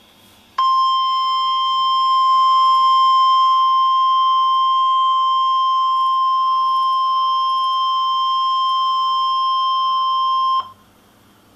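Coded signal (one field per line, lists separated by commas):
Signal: Emergency Alert System (SAME) tones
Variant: 1050 Hz attention tone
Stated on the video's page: Tornado watch on NOAA Weather Radio station at 162.400 MHz, recorded from an online stream.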